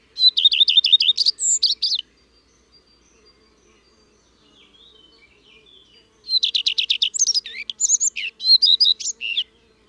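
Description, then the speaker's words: Common Redstart song: two high phrases of quick notes ending in a varied twitter, separated by a few seconds of near-quiet. Song rendered as « i tru tru tru ». "Le rouge-queue à front blanc fait « i tru tru tru »."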